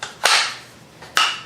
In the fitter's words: locks in place now we're not done but the back parts installed completely you'll